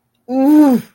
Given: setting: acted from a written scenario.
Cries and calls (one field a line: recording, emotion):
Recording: vocal sound without words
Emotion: embarrassment